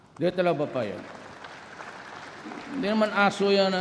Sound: applause